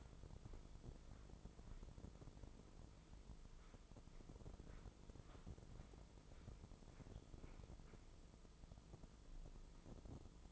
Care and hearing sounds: daily activity, microphone in the room; walk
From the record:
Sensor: 5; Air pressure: 996.1 hPa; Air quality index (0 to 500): 248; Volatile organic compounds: 526 ppm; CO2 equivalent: 4853 ppm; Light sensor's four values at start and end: 197/471/201/220 and 197/470/200/220

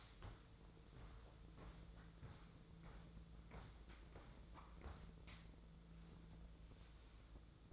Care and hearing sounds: daily activity, microphone in the room; walk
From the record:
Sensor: 3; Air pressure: 1005.5 hPa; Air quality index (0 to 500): 93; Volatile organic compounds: 3 ppm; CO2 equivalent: 1447 ppm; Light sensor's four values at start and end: 10/23/9/9 and 10/24/10/9

